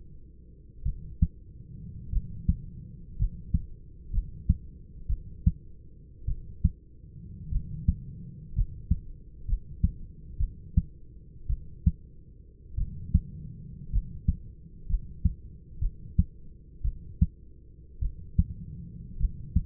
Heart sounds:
heart sounds by stethoscope; 56 bpm
0.84 s: heartbeat
2.11 s: heartbeat
3.17 s: heartbeat
4.11 s: heartbeat
5.07 s: heartbeat
6.26 s: heartbeat
7.50 s: heartbeat
8.54 s: heartbeat
9.46 s: heartbeat
10.38 s: heartbeat
11.48 s: heartbeat
12.76 s: heartbeat
13.91 s: heartbeat
14.87 s: heartbeat
15.80 s: heartbeat
16.83 s: heartbeat
18.00 s: heartbeat
19.18 s: heartbeat
From the record:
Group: healthy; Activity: rest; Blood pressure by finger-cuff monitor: 149/67 mmHg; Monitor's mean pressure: 90 mmHg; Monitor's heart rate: 56 bpm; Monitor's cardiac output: 6 L/min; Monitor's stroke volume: 106 mL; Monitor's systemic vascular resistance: 1100 dyn s/cm5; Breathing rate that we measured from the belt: 11 breaths a minute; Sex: male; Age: 25 years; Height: 170 cm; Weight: 70.4 kg

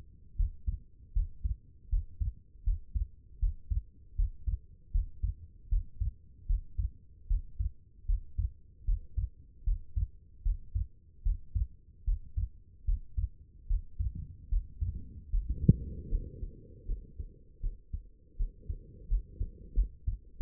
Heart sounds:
heart sounds by stethoscope; 78 bpm
0.36 s: heartbeat
1.13 s: heartbeat
1.89 s: heartbeat
2.64 s: heartbeat
3.39 s: heartbeat
4.16 s: heartbeat
4.91 s: heartbeat
5.69 s: heartbeat
6.46 s: heartbeat
7.27 s: heartbeat
8.06 s: heartbeat
8.85 s: heartbeat
9.64 s: heartbeat
10.42 s: heartbeat
11.23 s: heartbeat
12.04 s: heartbeat
12.85 s: heartbeat
13.67 s: heartbeat
14.49 s: heartbeat
15.30 s: heartbeat
16.09 s: heartbeat
16.86 s: heartbeat
17.61 s: heartbeat
18.37 s: heartbeat
19.08 s: heartbeat
19.74 s: heartbeat
20.38 s: heartbeat
From the record:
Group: healthy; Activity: Valsalva maneuver 0-18 s, rest 18-20 s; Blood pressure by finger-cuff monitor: 79/48 mmHg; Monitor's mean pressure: 60 mmHg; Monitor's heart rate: 77 bpm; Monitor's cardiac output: 7.1 L/min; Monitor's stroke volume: 92 mL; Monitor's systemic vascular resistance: 600 dyn s/cm5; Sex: female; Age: 22 years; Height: 161 cm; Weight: 65.5 kg

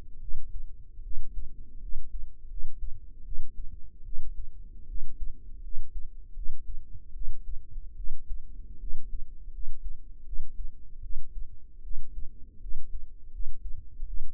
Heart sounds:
heart sounds by microphone in the right ear; 78 bpm
0.20 s: heartbeat
1.02 s: heartbeat
1.80 s: heartbeat
2.48 s: heartbeat
3.24 s: heartbeat
4.04 s: heartbeat
4.87 s: heartbeat
5.62 s: heartbeat
6.34 s: heartbeat
7.13 s: heartbeat
7.95 s: heartbeat
8.79 s: heartbeat
9.51 s: heartbeat
10.24 s: heartbeat
11.01 s: heartbeat
11.82 s: heartbeat
12.60 s: heartbeat
13.31 s: heartbeat
14.05 s: heartbeat
From the record:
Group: healthy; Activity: rest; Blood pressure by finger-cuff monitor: 108/71 mmHg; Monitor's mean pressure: 85 mmHg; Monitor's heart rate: 77 bpm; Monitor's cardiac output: 6.1 L/min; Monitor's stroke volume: 78 mL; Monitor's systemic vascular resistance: 1010 dyn s/cm5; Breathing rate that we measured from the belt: 16 breaths a minute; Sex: female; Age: 22 years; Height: 160 cm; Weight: 45 kg

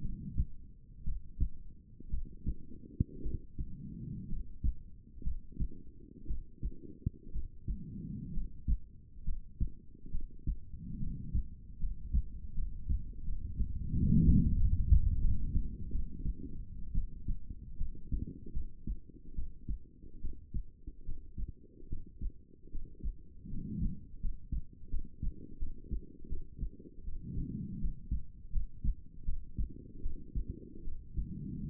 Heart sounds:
heart sounds by stethoscope; 72 bpm
0.00 s: heartbeat
1.03 s: heartbeat
2.09 s: heartbeat
3.21 s: heartbeat
4.27 s: heartbeat
5.22 s: heartbeat
6.25 s: heartbeat
7.31 s: heartbeat
8.31 s: heartbeat
9.23 s: heartbeat
10.10 s: heartbeat
10.98 s: heartbeat
11.78 s: heartbeat
12.53 s: heartbeat
13.23 s: heartbeat
13.92 s: heartbeat
14.56 s: heartbeat
15.20 s: heartbeat
15.91 s: heartbeat
16.93 s: heartbeat
17.77 s: heartbeat
18.52 s: heartbeat
19.34 s: heartbeat
20.20 s: heartbeat
21.04 s: heartbeat
21.88 s: heartbeat
22.70 s: heartbeat
23.48 s: heartbeat
24.20 s: heartbeat
24.89 s: heartbeat
25.58 s: heartbeat
26.28 s: heartbeat
27.03 s: heartbeat
27.79 s: heartbeat
28.51 s: heartbeat
29.24 s: heartbeat
30.01 s: heartbeat
30.83 s: heartbeat
31.66 s: heartbeat
From the record:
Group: healthy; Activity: rest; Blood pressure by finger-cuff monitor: 118/65 mmHg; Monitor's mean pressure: 83 mmHg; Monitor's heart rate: 74 bpm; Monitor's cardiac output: 7.7 L/min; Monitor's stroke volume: 105 mL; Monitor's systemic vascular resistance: 800 dyn s/cm5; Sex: female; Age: 23 years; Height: 160 cm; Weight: 50.4 kg

